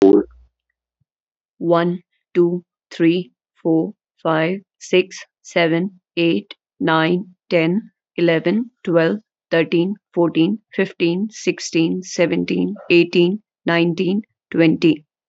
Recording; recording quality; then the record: counting at a normal pace; excellent, no background noise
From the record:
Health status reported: healthy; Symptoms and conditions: none ticked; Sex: female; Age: 27 years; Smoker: not ticked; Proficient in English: yes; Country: India